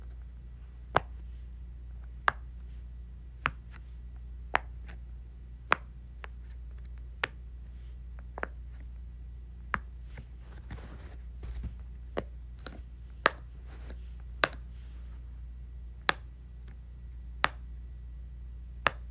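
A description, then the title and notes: A Pop-It toy is pressed over and over, giving sharp, crisp pops about once every second or so, with a few softer clicks between them. A steady low hum runs underneath the whole time, and faint rustling fills the gaps. ASMR Playing with my Pop-It.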